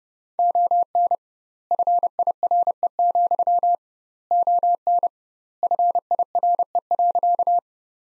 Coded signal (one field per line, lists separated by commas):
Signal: Morse code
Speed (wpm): 30 wpm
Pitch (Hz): 700 Hz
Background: none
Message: ON FIRE, ON FIRE.